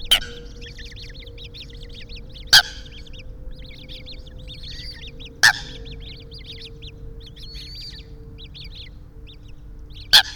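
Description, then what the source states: Eurasian coot giving four loud, sharp, explosive calls at uneven intervals, over a constant chatter of thin, high peeping notes and a steady low hum. Family group, Enfield.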